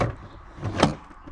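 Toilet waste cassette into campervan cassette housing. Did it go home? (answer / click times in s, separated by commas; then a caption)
yes / 0.8 s. A chemical toilet waste cassette is rolled wheels-first into its housing in a WildAx Pulsar Mk2 campervan. A rolling rumble builds and ends in a sharp click at 0.8 s as the cassette latches, confirmed secure.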